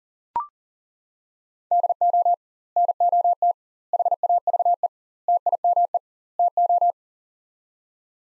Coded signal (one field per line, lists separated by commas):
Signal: Morse code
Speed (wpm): 38 wpm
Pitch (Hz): 700 Hz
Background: none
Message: DO NOT HAVE TIME TO